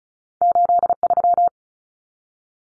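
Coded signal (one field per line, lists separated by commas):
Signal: Morse code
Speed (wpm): 34 wpm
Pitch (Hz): 700 Hz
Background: none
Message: 83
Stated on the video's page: Morse drill of two-digit numbers at 35 wpm.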